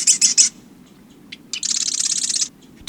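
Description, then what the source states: Marsh Wren song: a short burst of three harsh, scratchy notes, then a pause with faint ticks, followed by a nearly one-second grating, machine-like rattle and a final sharp note. Song likened to the grating of a rusty hinge or air bubbles forcing through mud; 57 recorded song variations, including a recurring chugging phrase like a sewing machine or toy machine gun.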